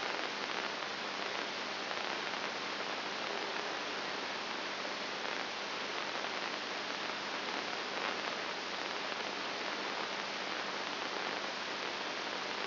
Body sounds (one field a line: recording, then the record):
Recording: brain microelectrode recording played as sound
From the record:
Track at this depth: inside the subthalamic nucleus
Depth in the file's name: 1.302 mm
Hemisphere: right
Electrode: 2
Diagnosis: Parkinson's disease